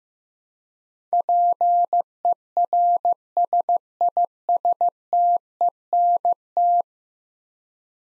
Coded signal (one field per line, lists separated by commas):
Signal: Morse code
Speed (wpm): 15 wpm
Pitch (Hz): 700 Hz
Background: none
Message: PERSISTENT